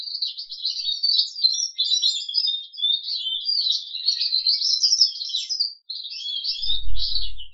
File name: audio kenari jambul